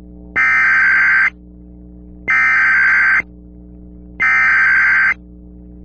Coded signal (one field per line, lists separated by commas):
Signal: Emergency Alert System (SAME) tones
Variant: header bursts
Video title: zombies send EAS Termination Message